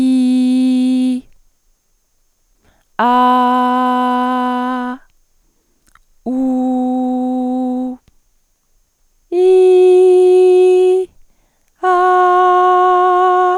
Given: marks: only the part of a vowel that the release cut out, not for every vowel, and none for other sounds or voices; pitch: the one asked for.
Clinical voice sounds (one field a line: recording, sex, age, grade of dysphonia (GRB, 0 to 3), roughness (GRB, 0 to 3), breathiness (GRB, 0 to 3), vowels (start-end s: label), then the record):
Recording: sustained vowels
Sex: female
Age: 20 to 29 years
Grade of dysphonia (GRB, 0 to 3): 0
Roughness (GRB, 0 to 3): 0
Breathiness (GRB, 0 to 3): 0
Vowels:
0.00-1.10 s: vowel /i/, normal pitch
3.12-4.71 s: vowel /a/, normal pitch
6.49-7.84 s: vowel /u/, normal pitch
9.51-10.85 s: vowel /i/, high pitch
12.36-13.40 s: vowel /a/, high pitch
From the record:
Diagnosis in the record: healthy voice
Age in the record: 20 years